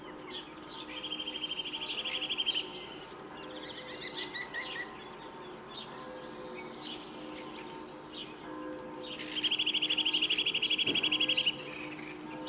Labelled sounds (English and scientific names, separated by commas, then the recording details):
Short-toed Treecreeper (Certhia brachydactyla) song
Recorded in the wild
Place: Oberstdorf, Bayern, DE
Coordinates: 47.4099, 10.2798
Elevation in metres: 809
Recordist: Tretzel, Erwin